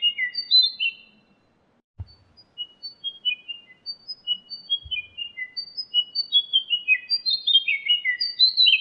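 White-browed shortwing song: high, thin descending whistled notes, a brief pause, then a quickening jumbled run of sweet notes, with a couple of soft thumps.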